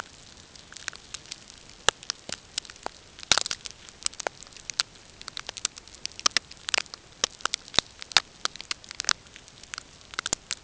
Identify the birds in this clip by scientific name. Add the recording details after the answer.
none. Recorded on Arctic tundra, site NAIT-1, on 20 June 2018. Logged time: 05:00